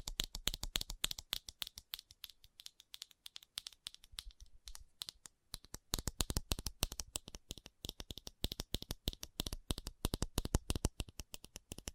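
Fast ASMR tapping: quick, sharp clicks that sound much like typing or shuffled cards, crisp and bright with little low end. The taps come in irregular bursts, thinning briefly around five seconds, then return denser and steadier through the final half.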